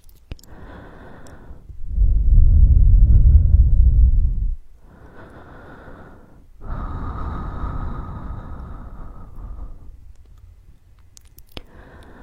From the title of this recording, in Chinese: 无人声按摩耳朵